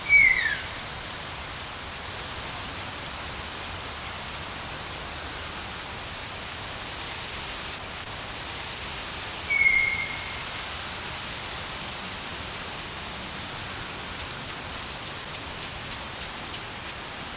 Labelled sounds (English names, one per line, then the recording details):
Brazilian Tapir
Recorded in captivity
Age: adult
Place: Tiergarten Nürnberg, Bayern, DE
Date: 1993-09-14 16:30
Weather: 12 °C, bedeckt
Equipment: Marantz CP 430, Sennheiser MKH 416 T, Kopie Uher Variocord 263
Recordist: Tembrock, Günter